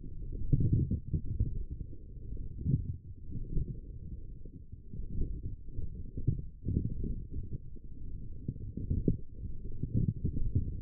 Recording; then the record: forearm muscle sounds (acoustic myography)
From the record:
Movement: forearm pronation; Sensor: system 1, eight BSWA MPA416 microphones around the upper forearm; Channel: 2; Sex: male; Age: 23 years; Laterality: right